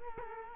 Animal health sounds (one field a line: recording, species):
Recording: mosquito wingbeat signal from an infrared sensor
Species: Culex quinquefasciatus